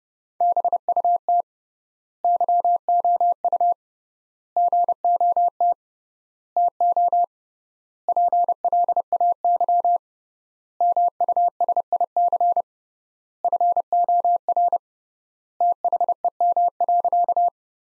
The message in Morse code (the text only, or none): BUT YOU GOT TO PLAY MUSIC FOR THEM.